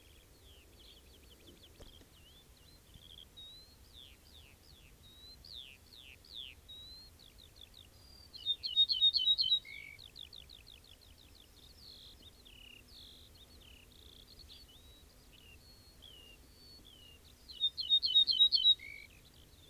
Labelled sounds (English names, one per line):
Ortolan Bunting song